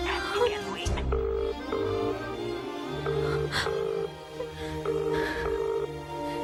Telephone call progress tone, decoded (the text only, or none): ringback tone